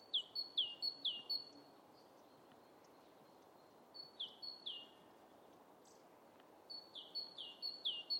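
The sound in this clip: Great tit repeating high two-note phrases in three separate bursts of several each, with short silences between, over a continuous low hiss.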